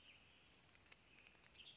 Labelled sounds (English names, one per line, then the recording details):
Western Tanager
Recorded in Sonoma County, California